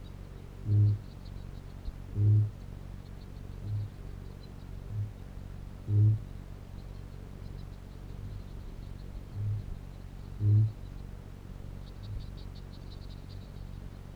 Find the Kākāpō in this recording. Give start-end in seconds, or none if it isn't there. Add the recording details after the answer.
0.53-1.05, 2.06-2.58, 3.49-4.03, 4.83-5.13, 5.73-6.27, 8.09-8.49, 9.21-9.68, 10.27-10.74, 11.86-12.25. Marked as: faintness 2/5, faintness 3/5, faintness 4/5, faintness 5/5. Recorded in New Zealand. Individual Piripi